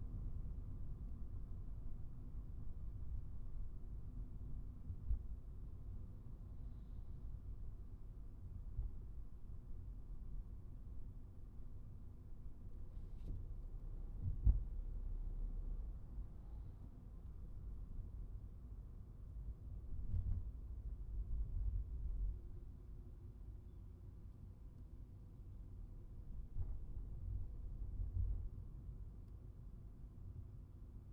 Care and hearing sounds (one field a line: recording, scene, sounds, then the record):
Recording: everyday scene through a hearing-aid microphone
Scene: in a vehicle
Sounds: engine, traffic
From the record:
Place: Skoda Fabia, gasoline engine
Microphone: behind the ear, right, front